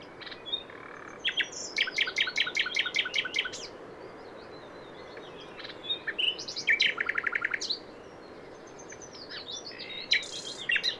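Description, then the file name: Common nightingale singing: bursts of fast, evenly repeated clicking notes mixed with warbled whistles, alternating with short silences, over low steady background noise. "Luscinia megarhynchos"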